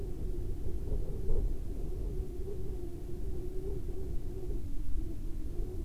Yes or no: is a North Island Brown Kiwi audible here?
no